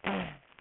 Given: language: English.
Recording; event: throat vibration sensor signal played as sound; throat clearing